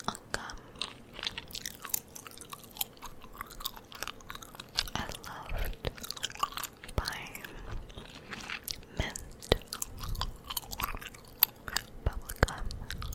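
Gum chewing fills the whole stretch with wet, sticky smacks and clicks that come in quick, uneven bursts every fraction of a second. Sharper snaps stand out around five, seven, nine and twelve seconds, over a soft, steady low murmur.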